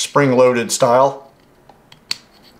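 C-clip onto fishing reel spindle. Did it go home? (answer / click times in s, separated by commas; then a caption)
yes / 2.1 s. Someone talks, then a spring-loaded metal C-clip is pressed by hand onto a fishing reel spindle to retain the spool, going on easily with the fingers. After two faint ticks at about 1.7 and 1.9 seconds, a sharp metallic snap at 2.1 seconds marks the clip seating on the spindle.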